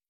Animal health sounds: hydrophone in a shrimp aquaculture tank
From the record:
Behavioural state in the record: feeding

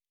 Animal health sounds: hydrophone in a shrimp aquaculture tank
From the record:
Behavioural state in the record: normal

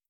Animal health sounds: hydrophone in a shrimp aquaculture tank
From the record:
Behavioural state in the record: starved

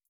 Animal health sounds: hydrophone in a shrimp aquaculture tank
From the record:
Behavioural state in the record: feeding

